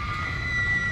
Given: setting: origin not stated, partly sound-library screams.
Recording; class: one-second piece from a danger detection set; woman in danger